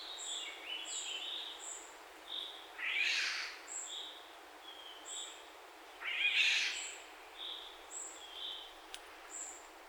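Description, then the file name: Northern goshawk giving two harsh, drawn-out screeches about three seconds apart over steady high-pitched tonal whistles. Juvenile, recorded in Poland on 23 June 2014. "piotr szczypinski. accgent-juv poland 2014 06 23"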